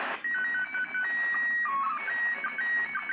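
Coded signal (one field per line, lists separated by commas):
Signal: SSTV (slow-scan television)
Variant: PD 120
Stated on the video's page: SSTV images from the ISS received on a smartphone.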